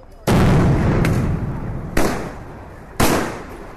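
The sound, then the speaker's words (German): Loud, sharp bangs from anti-demonstration police units in Senegal firing rubber bullets and tear gas canisters at protesters around an opposition candidate's truck near the Place de l'Indépendance, four shots at irregular intervals, each cracking out and then trailing off into a noisy wash. “Sie feuern Gummigeschosse ab und zünden Tränengasgranaten.”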